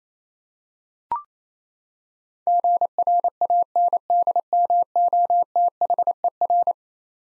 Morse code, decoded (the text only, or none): GRANDMOTHER